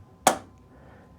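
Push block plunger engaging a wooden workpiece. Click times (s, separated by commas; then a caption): 0.3 s. A spring plunger on a table saw push block is pressed down so it catches and grips a wooden workpiece. A single sharp click is heard at 0.3 s, then fades quickly into low background noise. The plunger has locked onto the workpiece.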